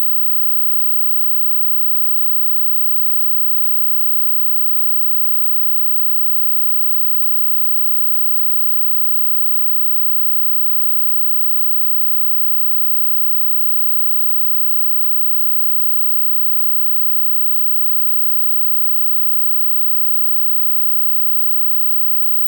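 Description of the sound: Steady, unchanging broadband hiss with a brighter band near 1 kHz, a simulation of noise-type tinnitus.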